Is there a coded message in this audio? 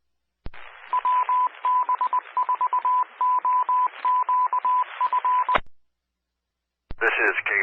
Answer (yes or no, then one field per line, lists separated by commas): yes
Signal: Morse code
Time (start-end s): 0.9-5.6 s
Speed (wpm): 20 wpm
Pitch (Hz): 1000 Hz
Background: speech, radio noise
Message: WB4OQF